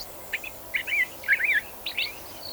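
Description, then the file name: Eurasian blackbird calling, a short run of clear, curving notes in quick succession over low background hiss, with a few faint higher chirps. "Turdus merula"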